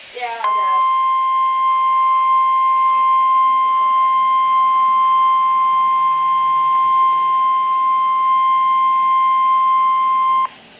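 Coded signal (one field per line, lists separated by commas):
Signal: Emergency Alert System (SAME) tones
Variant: 1050 Hz attention tone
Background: speech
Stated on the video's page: Required weekly test received from NOAA Weather Radio station KEC60, Milwaukee, Wisconsin.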